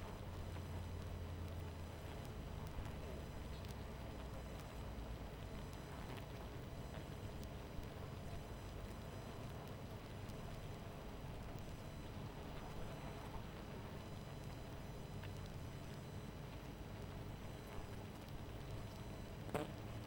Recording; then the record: honeybee colony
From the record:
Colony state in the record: missing queen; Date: 14 July 2017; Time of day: 22:54